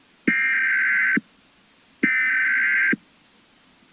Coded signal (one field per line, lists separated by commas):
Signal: Emergency Alert System (SAME) tones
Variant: header bursts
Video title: (Short EAS) Birmingham Zoo Breach